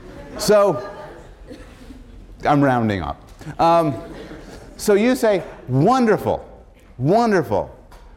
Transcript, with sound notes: so — I'm rounding off. [laughter] So, you say, "Wonderful. Wonderful.